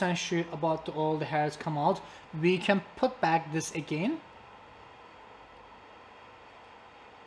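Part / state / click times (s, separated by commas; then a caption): clipper blade into hair clipper body / not seated / none. A clipper blade is being put back and lined up on a hair clipper body after the hairs have been cleared out. Someone talks for about the first four seconds, followed by a quiet, steady low hiss until the end. The blade has not seated or clicked into place yet.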